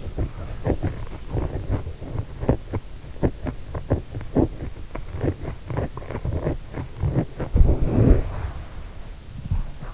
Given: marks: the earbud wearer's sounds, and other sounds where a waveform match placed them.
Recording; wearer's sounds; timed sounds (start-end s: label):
sounds in sleep by an in-ear microphone; body movement
0.00-8.91 s: body movement